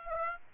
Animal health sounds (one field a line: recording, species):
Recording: mosquito wingbeat signal from an infrared sensor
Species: Aedes aegypti